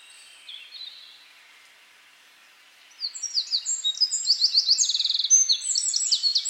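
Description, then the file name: Eurasian wren song bursts in after about three seconds of faint, quieter sound: a rapid, high, energetic series of trills and sharp notes continuing to the end. "Troglodytes troglodytes"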